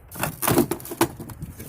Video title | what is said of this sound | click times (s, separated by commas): 900 Subscribers & G35 Taillight Install | like that pops off so | 1.0 s